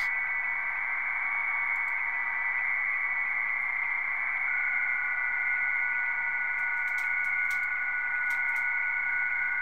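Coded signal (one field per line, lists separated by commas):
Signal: PSK31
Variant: BPSK31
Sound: radio hiss with several faint steady warbling tones, one starting midway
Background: radio static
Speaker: let's go back to the signals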